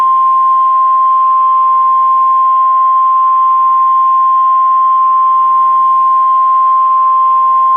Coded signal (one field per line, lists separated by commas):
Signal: Emergency Alert System (SAME) tones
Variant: 1050 Hz attention tone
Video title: Emergency Alert System: Extreme Hostage Situation